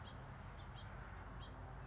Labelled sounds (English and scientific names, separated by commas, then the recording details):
House Finch (Haemorhous mexicanus)
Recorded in Sonoma County, California